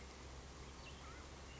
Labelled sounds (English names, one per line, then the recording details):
Mountain Quail
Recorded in Sonoma County, California